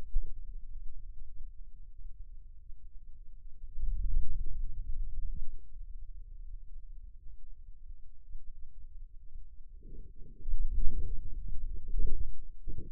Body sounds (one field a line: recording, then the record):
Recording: forearm muscle sounds (acoustic myography)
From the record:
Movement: hand closing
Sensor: system 2, bracelet of six BSWA MPA416 microphones around the upper forearm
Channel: 6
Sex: male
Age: 22 years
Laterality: right